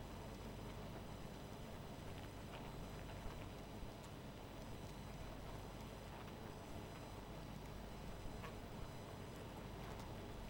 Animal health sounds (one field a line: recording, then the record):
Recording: honeybee colony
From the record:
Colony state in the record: missing queen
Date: 14 July 2017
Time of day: 0:42